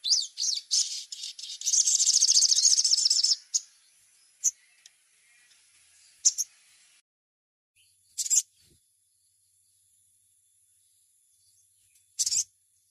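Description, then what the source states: Little spiderhunter song: short bursts leading into a dense rapid trill for about two seconds, then only isolated sharp high notes spaced seconds apart amid near silence. Masteran (training recording) for teaching songbirds, labaik type.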